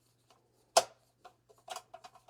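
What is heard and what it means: A small cooling fan is popped out of its plastic mount inside the amplifier housing of a Sony SA-WCT100 active subwoofer during a teardown. One loud, sharp snap at 0.8 s marks the fan slipping free, followed by a few faint clicks and taps over a low steady hum.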